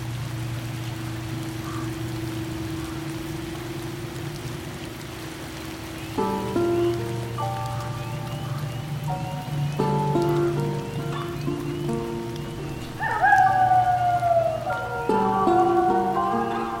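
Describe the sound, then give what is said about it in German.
Steady rain patters on a hard surface in a constant, even hiss, joined after a few seconds by a low hum and shifting tonal notes layered over the downpour. “Guck mal, es regnet.”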